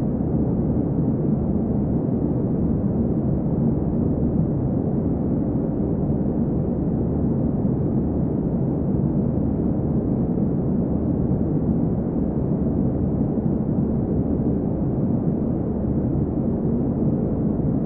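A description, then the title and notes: Steady, unchanging white noise with a deep, muffled rumble and no bright hiss, holding the same even level for the whole stretch. White Noise.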